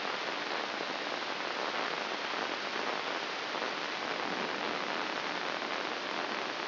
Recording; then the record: brain microelectrode recording played as sound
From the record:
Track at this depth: inside the subthalamic nucleus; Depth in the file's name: 4.018 mm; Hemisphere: left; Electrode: 2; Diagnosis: Parkinson's disease